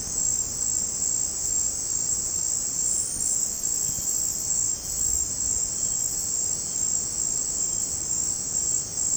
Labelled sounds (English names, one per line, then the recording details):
none
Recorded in dense forest near Puerto Asís, Putumayo, Colombia, on 4 March 2025 at 17:30
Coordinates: 0.500, -76.322
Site GP06